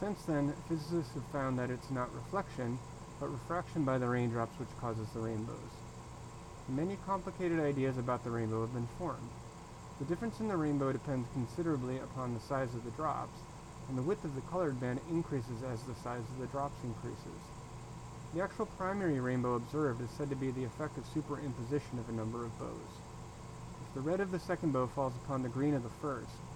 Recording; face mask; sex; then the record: reading aloud; surgical mask; male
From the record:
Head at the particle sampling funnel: turned sideways, cheek in front of it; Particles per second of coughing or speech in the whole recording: 0.365